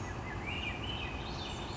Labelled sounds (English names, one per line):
Swainson's Thrush